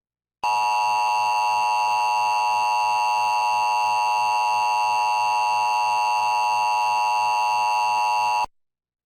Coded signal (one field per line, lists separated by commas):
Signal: Emergency Alert System (SAME) tones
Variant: 853 and 960 Hz attention tone